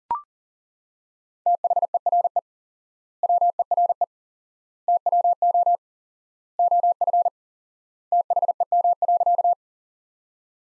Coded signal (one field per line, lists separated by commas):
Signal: Morse code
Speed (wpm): 40 wpm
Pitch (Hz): 700 Hz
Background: none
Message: THERE WERE TWO OF THEM.